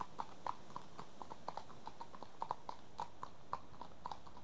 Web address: BBC Sound Effects Library BBC 37-Horses. Two horses pass at walk on tarmac